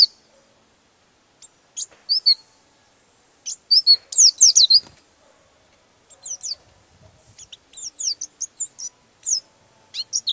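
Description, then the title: White-eye singing scattered short bursts of thin, high twittering notes with brief silent gaps between phrases. "Pleci"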